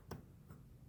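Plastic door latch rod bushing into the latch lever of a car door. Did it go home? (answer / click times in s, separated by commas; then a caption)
no / none. A plastic door latch rod bushing on a BMW 850 car door is being pushed up from below into its hole in the metal door latch lever. A short sharp tick sounds at about 0.1 s and a fainter tick near 0.5 s over a low background hum. Nothing has seated or clicked yet.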